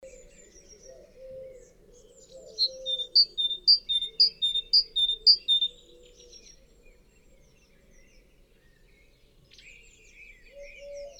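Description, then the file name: Great tit giving six clear, loud two-note phrases, evenly spaced, with faint high slurred notes before and after. "Parus major"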